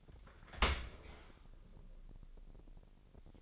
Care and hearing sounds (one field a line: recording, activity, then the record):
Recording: daily activity, microphone in the room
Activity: open dishwasher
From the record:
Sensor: 5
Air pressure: 1000.7 hPa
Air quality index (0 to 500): 248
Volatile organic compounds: 35 ppm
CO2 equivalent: 3052 ppm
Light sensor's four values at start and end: 31/72/29/27 and 31/71/28/26